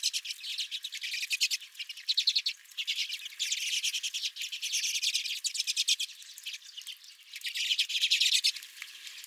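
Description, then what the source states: Redpolls chattering, a continuous twittering with several louder rattling bursts. Redpolls at the recordist's feeder.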